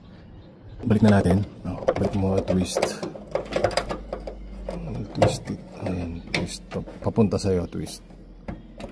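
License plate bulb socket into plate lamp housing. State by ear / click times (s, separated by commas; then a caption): seated / 8.5 s. The plastic license plate bulb socket of a Toyota GR Corolla Altis is twisted into the plate lamp housing while someone talks, with small clicks and rattles along the way. It locks into place at 8.5 s with a short, sharp click, and the socket is seated.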